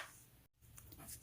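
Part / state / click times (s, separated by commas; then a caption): plastic flower garden piece into a toy track ramp / seated / 0.8 s. A plastic flower garden piece for a VTech Go! Go! Smart Wheels Disney Minnie Mouse Around Town playset is pushed down into the hole on the pink plastic toy track ramp. One sharp click at 0.8 s shows it has seated, with a brief near-silent dip just before.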